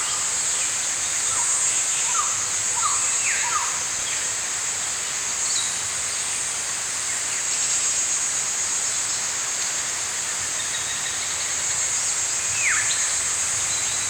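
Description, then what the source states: Bird song, a run of short whistled notes near the start and another similar note near the end, with fainter chirps over a loud steady insect drone. Morning birds singing in a forest.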